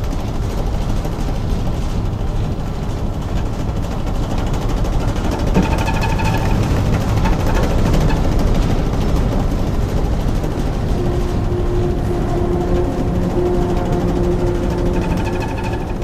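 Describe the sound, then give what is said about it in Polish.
A ship's bow thrusters, side propellers at the bow, run while the ship turns in place, in a loud, unbroken low rumble, with droning mechanical tones rising and fading over the churning roar. No voices. “Na dziobie są stery strumieniowe, to są boczne takie pędniki, które pozwalają nam na obrót w miejscu lub płynięcie na przykład bokiem.”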